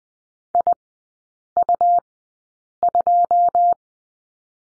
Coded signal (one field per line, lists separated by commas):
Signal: Morse code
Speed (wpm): 20 wpm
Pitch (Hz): 700 Hz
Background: none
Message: IU2